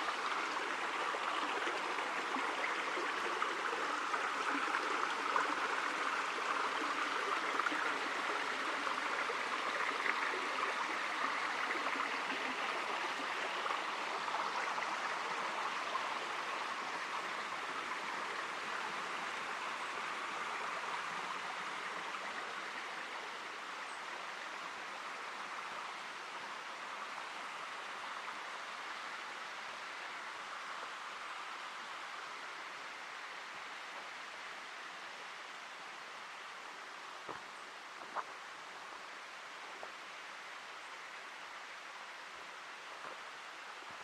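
A forest preserve ambience dominated by a steady rush of flowing water, like a stream, dense and hissy across the mid and upper range. The rush slowly eases and softens over the forty-four seconds, with a few faint clicks or ticks near the end.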